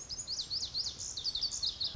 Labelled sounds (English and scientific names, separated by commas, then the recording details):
Lazuli Bunting (Passerina amoena)
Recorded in Sonoma County, California